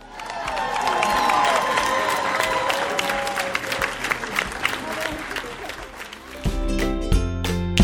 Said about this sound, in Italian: Benvenuta Francesca, un applauso.